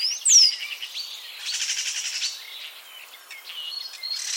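Common starling calls, a sharp falling whistle at the start, then a buzzy pulsed rattle and soft scattered chatter.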